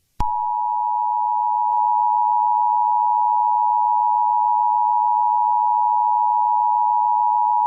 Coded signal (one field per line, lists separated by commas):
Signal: Emergency Alert System (SAME) tones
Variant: 853 and 960 Hz attention tone